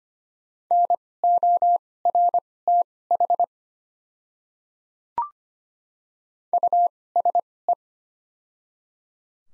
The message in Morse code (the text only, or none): NORTH USE